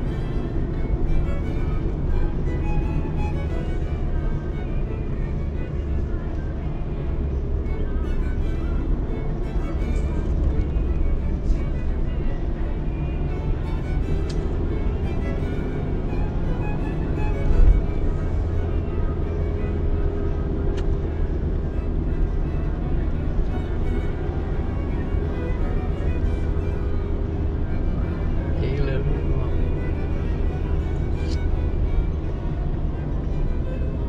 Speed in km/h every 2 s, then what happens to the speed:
58, 61, 57, 56, 55, 55, 59, 66, 70, 65, 62, 60, 66, 63, 64, 62, 57.
0-11 steady at about 56. 11-16 speeds up to 70. 16-21 slows to 60. 21-31 steady at about 63.